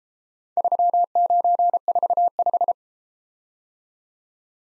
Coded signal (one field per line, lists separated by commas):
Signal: Morse code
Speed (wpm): 33 wpm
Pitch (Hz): 700 Hz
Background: none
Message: 3945